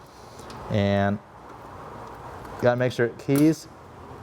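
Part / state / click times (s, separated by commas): scooter ignition switch into its body panel mount / not seated / none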